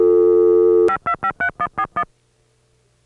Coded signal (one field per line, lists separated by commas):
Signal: DTMF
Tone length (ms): 80 ms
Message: 5253141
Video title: Early 80s pgm. 10: Cognitronics' Early Announcing Systems on Phone and Short Wave (1972 - 1981)